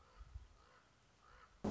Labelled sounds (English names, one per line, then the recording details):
Common Raven
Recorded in Sonoma County, California